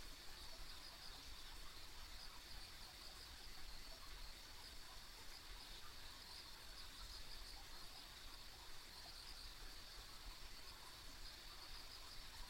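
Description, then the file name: Insects chirring together in an unbroken high-pitched trill, with slight swells in intensity, above a faint low background hum. Ambient insect sounds on a country road. "田舎道の虫の環境音"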